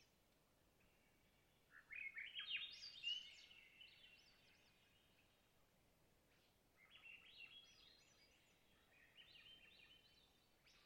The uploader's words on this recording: Swainson's Thrush - Catharus Ustulatus. The sounds of Springtime Alaskan boreal taiga in the twilight. Location: Long Lake, Talkeetna, AK Weather: variable over the course of the night, 49-61°F, light to no wind. Clear lake in a hilly boreal taiga, dominated by White Spruce, Bird, and thick beds of diverse mosses.